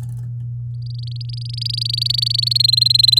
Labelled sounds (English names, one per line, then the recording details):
Domestic Canary song
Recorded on 9 May 2018 at 06:40
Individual llb16